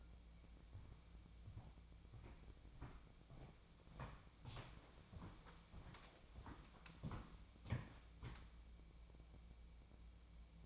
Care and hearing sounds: daily activity, microphone in the room; walk to room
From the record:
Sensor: 1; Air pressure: 1000.0 hPa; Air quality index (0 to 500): 131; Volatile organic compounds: 2 ppm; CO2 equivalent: 1243 ppm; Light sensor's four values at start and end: 40/100/42/53 and 38/94/40/49

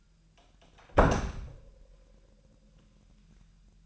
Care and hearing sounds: daily activity, microphone in the room; close door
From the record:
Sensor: 2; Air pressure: 998.3 hPa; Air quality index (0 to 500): 140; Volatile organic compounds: 4 ppm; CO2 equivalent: 1580 ppm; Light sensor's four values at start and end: 12/35/14/13 and 12/35/14/13

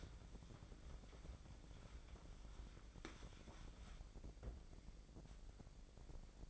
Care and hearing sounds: daily activity, microphone in the room; wipe stove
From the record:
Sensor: 5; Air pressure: 1012.4 hPa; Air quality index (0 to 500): 160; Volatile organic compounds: 2 ppm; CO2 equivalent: 1094 ppm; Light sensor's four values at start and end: 208/496/212/251 and 207/495/212/251

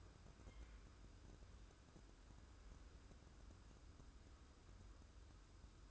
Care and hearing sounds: daily activity, microphone in the room; wipe stove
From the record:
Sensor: 2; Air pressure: 1015.0 hPa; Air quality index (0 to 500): 74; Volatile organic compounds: 1 ppm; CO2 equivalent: 908 ppm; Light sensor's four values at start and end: 13/35/14/15 and 13/35/14/15

